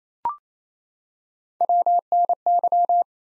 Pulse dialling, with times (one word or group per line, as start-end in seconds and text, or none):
none